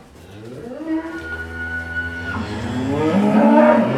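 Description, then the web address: Cow giving a long, deep moo that grows steadily louder and rises into a strained, higher bellow near the end. Cows in a stable. "best service Blue Box animals cows stable"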